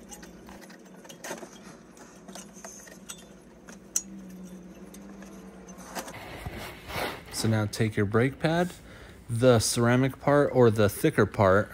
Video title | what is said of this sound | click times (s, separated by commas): Front Brake Pads Replacement on a 2006-2007 Subaru Impreza Outback | just make sure it's nice and snug it should snap into place so | 4.0 s